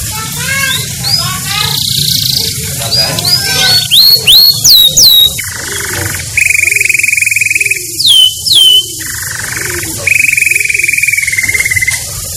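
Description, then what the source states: Canary song mixing rapid chattering notes, sharp upswept whistles and long rolling trills, repeated several times. Cheap canary described as gacor, singing vigorously and constantly, said to be capable of winning at national level.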